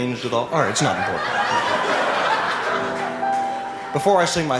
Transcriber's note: laughter